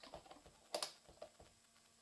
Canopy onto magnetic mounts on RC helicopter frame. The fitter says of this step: so you heard them snap in, but you can see